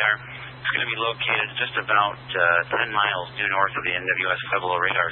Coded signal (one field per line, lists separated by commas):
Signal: Emergency Alert System (SAME) tones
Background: speech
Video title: 2021-05-23 - Rocky Mountain Radio League Repeaters